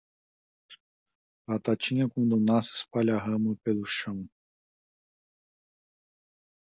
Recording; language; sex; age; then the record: short text; Brazilian Portuguese; male; 40 to 49 years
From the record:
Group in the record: control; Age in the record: 41 years